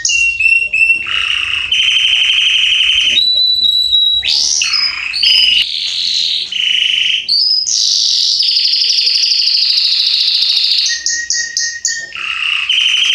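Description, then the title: Belgian canary song, a loud continuous run of high trills and rolls, switching between buzzy notes, rapid chips and sweeping whistles with barely a pause. Male Belgian canary singing a lot, meant to warm up young canaries. "Canrio Belga Salsa"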